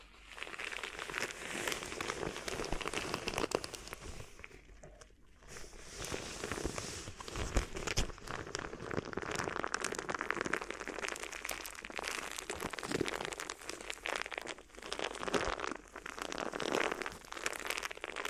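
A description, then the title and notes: Crinkly ear massage sounds: dense, continuous crackling and rustling with quick bright crunches throughout, briefly easing near five seconds before resuming. ASMR Addictive Crinkly Ear Massage (No Talking).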